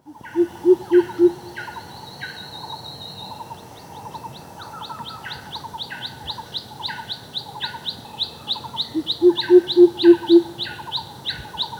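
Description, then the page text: Greater coucal giving short runs of deep hoots at the start and end, while other birds chirp and trill busily throughout. "Greater Coucal Calls. Quick Sounds"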